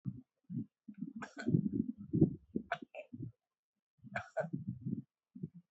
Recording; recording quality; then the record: shallow voluntary cough; moderate, slight background noise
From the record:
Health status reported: healthy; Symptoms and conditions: none ticked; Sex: male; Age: 39 years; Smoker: not ticked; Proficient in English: yes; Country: India